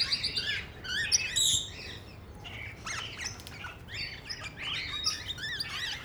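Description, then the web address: Parrots squawking and chattering, harsh nasal notes with rising and falling inflections tumbling over one another, several birds calling at once. Several parrots at Nyíregyháza Zoo, recorded in 2010, calling from the top of a green pyramid. "nyiregyhazizoo 2010 madarak papagajokazoldpiramistetejen"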